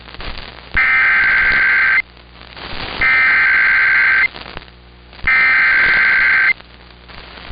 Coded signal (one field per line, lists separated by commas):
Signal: Emergency Alert System (SAME) tones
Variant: header bursts